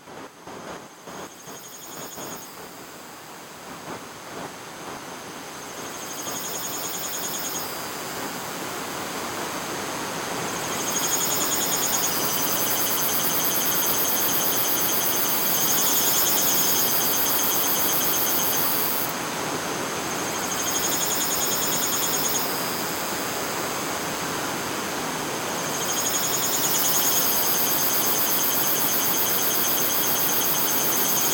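Insects trill in dense, pulsing waves. High buzzing bands swell and fade every few seconds over a constant hiss of other calls. The chorus starts sparse with a few clicks, then grows steadily louder and fuller, holding strong from about eleven seconds on.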